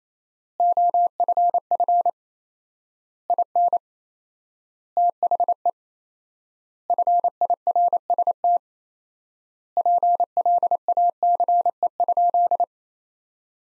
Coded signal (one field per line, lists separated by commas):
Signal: Morse code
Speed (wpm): 28 wpm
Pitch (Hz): 700 Hz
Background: none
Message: OFF IN THE FIRST PLACE?